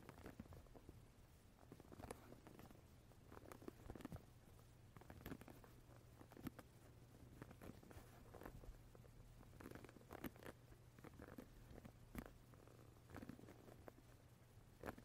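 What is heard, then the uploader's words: A wooden brush is tapped and touched in a steady, busy run of soft clicks and scratchy brushing strokes, with sharper taps standing out about once a second. A low, constant hum sits underneath throughout the fifteen seconds. Wooden brush tapping , touching sound.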